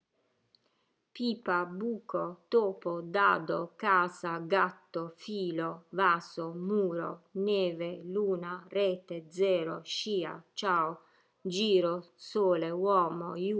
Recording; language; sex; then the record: read list of words; Italian; female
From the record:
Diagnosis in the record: healthy control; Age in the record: 61 years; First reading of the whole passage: 67 s, 7.7 characters per second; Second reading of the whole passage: 54 s, 9.6 characters per second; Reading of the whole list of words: 44 s, 6.4 characters per second